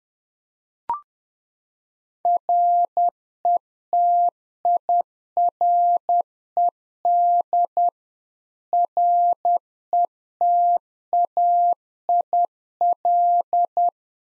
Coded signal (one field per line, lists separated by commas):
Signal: Morse code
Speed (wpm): 10 wpm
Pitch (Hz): 700 Hz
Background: none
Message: RETIRED RETAIL